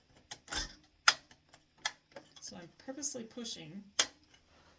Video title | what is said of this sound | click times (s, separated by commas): Hooping a Cap on Redline 1501 Hat Hoop | and then pushed in and you'll hear three snaps we wanted to snap on the left the right and underneath | 0.3 s, 1.1 s, 1.9 s